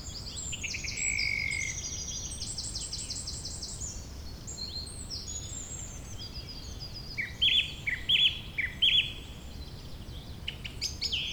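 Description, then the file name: Birds singing: a dense chorus of high, rapid trilled and buzzy phrases, then three bright, sharp repeated notes near the end, over a low steady background hiss. "beautiful Birdsong"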